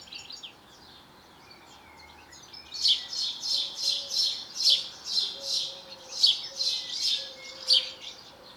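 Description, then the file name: House sparrow call: quiet at first, then a quick run of harsh chirps roughly every half second for the last six seconds. "Passer domesticus"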